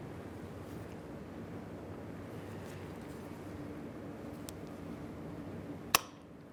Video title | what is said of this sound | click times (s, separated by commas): How to Replace Rear Brake Calipers 1998-2011 Ford Ranger | lesson for a click give it a little wiggle to make sure it is secure | 5.9 s